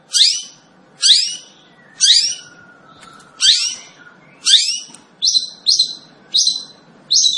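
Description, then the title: Long-tailed shrike song: loud, shrill downslurred notes repeated about once a second, later quickening into shorter, thinner whistled chirps. Singing lively (gacor). "Cendet Gacor"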